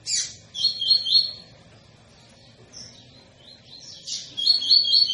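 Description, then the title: Double-collared seedeater giving a short trilled phrase, quiet scattered chirps, then another bright run of high repeated notes. Tui-tui song style, used as a tutor song for teaching young birds. "COLEIRO TUI TUI FIBRA CANTO PROFESSOR"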